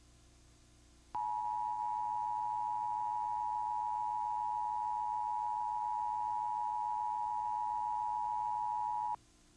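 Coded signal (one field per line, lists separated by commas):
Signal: Emergency Alert System (SAME) tones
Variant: 853 and 960 Hz attention tone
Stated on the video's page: Aired on a PBS television station.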